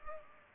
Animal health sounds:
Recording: mosquito wingbeat signal from an infrared sensor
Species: Culex pipiens

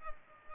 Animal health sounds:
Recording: mosquito wingbeat signal from an infrared sensor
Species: Culex pipiens

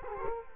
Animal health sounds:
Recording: mosquito wingbeat signal from an infrared sensor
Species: Culex quinquefasciatus

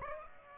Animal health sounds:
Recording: mosquito wingbeat signal from an infrared sensor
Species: Aedes aegypti

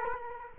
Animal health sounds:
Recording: mosquito wingbeat signal from an infrared sensor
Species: Culex quinquefasciatus

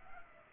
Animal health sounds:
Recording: mosquito wingbeat signal from an infrared sensor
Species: Culex pipiens

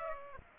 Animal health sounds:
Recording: mosquito wingbeat signal from an infrared sensor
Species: Aedes aegypti

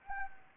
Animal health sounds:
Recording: mosquito wingbeat signal from an infrared sensor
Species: Anopheles gambiae

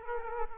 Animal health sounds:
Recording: mosquito wingbeat signal from an infrared sensor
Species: Aedes aegypti

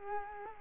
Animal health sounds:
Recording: mosquito wingbeat signal from an infrared sensor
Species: Culex quinquefasciatus

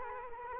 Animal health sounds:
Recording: mosquito wingbeat signal from an infrared sensor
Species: Culex quinquefasciatus

